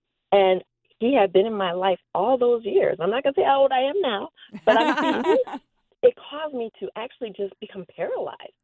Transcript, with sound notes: And he had been in my life all those years. I'm not gonna say how old I am now. (laughing reaction) But it caused me to actually just become paralyzed.